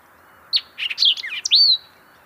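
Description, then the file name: White-eyed vireo song: a short, emphatic phrase of sharp chips and slurred notes ending in a bright whistle, over a steady low background hiss. "White-eyed Vireo - Vireo griseus"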